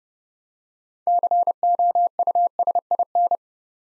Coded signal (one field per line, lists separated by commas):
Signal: Morse code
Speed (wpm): 30 wpm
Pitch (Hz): 700 Hz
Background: none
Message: COUSIN